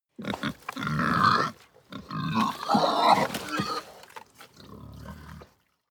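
Pig grunting and squealing: rough, rapid low grunts mixed with harsh higher squeals in irregular bursts, with a short pause midway.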